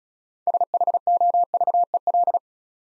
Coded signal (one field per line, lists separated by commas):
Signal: Morse code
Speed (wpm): 36 wpm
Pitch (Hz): 700 Hz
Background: none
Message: SHOVEL